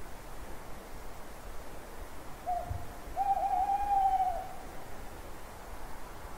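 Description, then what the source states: Owl hoots: a brief short note, then a longer, steady hoot that tails off, over a quiet hissing background. At night.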